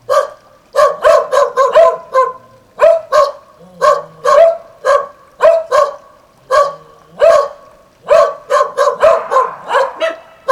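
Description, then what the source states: Dogs bark repeatedly in clustered volleys, sharp yapping barks spaced irregularly with short gaps between groups. Several dogs at El Borge.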